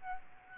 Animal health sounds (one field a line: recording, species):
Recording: mosquito wingbeat signal from an infrared sensor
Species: Aedes albopictus